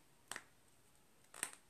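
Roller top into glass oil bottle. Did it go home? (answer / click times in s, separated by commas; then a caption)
yes / 0.3 s, 1.4 s. A plastic roller top is pressed down onto the neck of a small glass roller bottle filled with oil. Sharp clicks are heard at 0.3 s and 1.4 s, each followed by a few softer ticks. The roller top is confirmed clicked on and seated.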